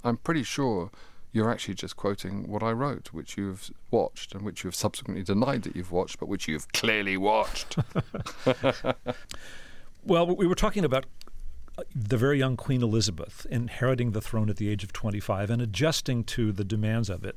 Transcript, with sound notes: But I'm pretty sure you're actually just quoting what I wrote, which you've watched and which you've subsequently denied that you've watched but which you've clearly watched.
(LAUGHTER) Well, what we were talking about - the very young Queen Elizabeth inheriting the throne at the age of 25 and adjusting to the demands of it.